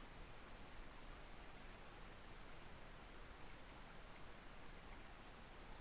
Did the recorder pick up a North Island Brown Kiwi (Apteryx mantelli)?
no